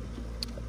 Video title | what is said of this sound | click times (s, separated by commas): TAKING INTERIOR TO A NEW LEVEL!! | heard that it snapped right into place guys | 0.4 s